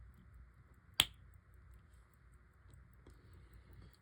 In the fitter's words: It's a very satisfying snap.